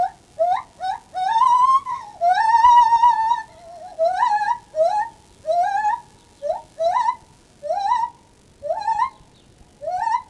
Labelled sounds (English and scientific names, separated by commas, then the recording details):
Lar Gibbon (Hylobates lar) call
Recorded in captivity
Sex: pair
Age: adult
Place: Tierpark Berlin, Berlin, DE
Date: 1968-01-20
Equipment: Uher 4000 Report-S, Transistorverstärker II, Sennheiser MD 421
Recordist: Tembrock, Günter
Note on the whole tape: Dunkles Weibchen: Rufreihe (im Haus), dann Männchen: Ruffolgen (draußen, in der Ecke des Kasten). Abstand: 5 m Aufnahmezeit: 9.30-13:30 Uhr